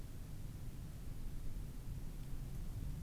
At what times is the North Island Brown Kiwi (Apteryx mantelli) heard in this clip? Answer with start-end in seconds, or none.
none